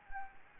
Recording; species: mosquito wingbeat signal from an infrared sensor; Anopheles arabiensis